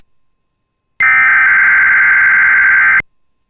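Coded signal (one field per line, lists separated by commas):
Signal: Emergency Alert System (SAME) tones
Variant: header bursts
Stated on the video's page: Statewide tornado drill relayed from the Twin Cities National Weather Service office.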